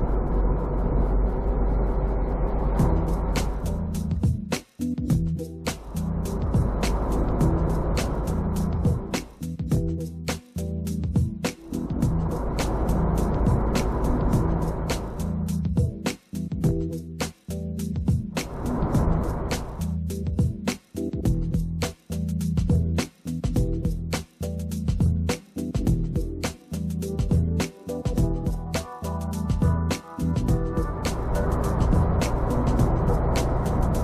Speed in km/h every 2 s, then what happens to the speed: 50, 53, 54, 55, 57, 56, 57, 58, 59, 60, 60, 59, 58, 58, 59, 59, 63.
0-8 speeds up to 57. 8-34 steady at about 59.